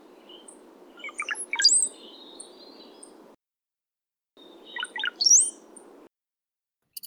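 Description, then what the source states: Cowbird song given twice: low liquid gurgling notes that jump into a thin, very high slurred whistle, each phrase about a second long, over a soft hiss. Male song, one of the North American songs covering the widest frequency range, from low single-digit kilohertz well into the teens; likened to a dripping faucet.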